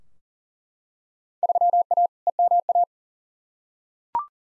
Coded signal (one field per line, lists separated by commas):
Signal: Morse code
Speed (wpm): 40 wpm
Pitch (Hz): 700 Hz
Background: none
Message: 3A EMA